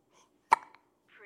Baby Hiccuping.